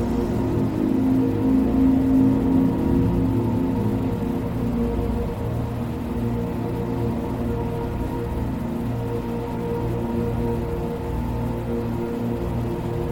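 Ambient spaceship soundscape: a steady, dense low hum with sustained whirring tones, a brighter tone swelling briefly early on, then easing slightly.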